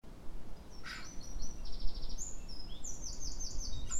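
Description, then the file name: Eurasian wren singing a faint, high song of fast trills and sharp notes, with one brief buzzy burst early on, over strong low background rumble. "Troglodytes troglodytes"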